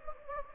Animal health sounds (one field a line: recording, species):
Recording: mosquito wingbeat signal from an infrared sensor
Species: Anopheles gambiae